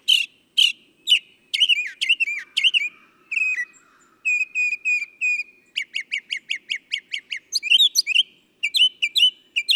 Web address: songs Northern Mockingbird